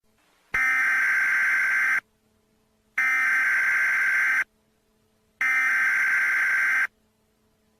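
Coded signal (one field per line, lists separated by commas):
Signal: Emergency Alert System (SAME) tones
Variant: header bursts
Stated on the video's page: Fictional EAS scenario, not a real alert.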